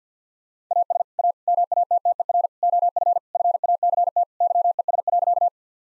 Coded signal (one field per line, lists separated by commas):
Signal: Morse code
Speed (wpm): 50 wpm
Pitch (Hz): 700 Hz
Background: none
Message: AS A MATTER OF FACT YES.